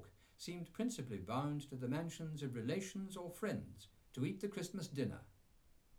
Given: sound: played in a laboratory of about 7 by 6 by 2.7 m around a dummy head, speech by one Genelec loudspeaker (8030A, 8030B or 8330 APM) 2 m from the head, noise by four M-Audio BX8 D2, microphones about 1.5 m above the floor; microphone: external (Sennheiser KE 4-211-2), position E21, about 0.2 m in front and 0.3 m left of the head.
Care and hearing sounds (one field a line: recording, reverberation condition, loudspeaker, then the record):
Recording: male speech in English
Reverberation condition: low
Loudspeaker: 30 degrees to the right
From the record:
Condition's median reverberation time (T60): about 310 ms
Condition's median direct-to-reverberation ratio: about 3.5 dB